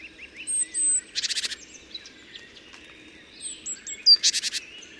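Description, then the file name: Eurasian wren song: high, rapid jumble of thin whistled and swept notes, broken twice by fast, buzzy rattling trills about three seconds apart. "Troglodytes troglodytes"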